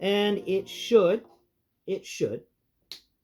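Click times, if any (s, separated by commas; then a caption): 2.9 s. Someone talks while flipping the second arm of a plastic transforming action figure around at the elbow to double-joint it in reverse. A sharp click at 2.9 s marks the plastic arm joint snapping into place.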